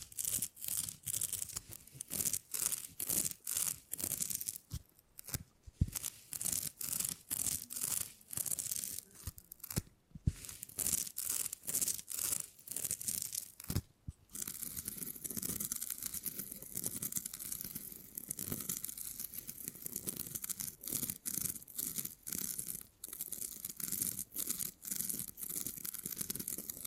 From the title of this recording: Brain Tingly Sounds Using Beeswax